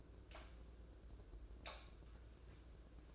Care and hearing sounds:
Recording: daily activity, microphone in the room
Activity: light on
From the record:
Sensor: 2

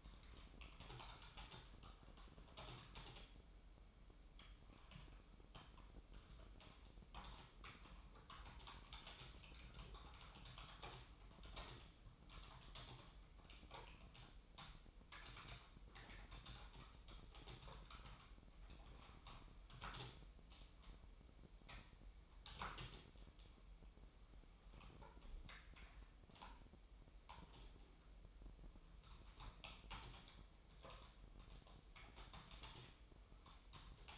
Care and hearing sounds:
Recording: daily activity, microphone in the room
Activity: typing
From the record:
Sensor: 1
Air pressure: 988.8 hPa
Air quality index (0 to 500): 204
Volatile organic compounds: 1000 ppm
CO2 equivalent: 5430 ppm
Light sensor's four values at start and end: 25/93/35/37 and 25/93/35/37

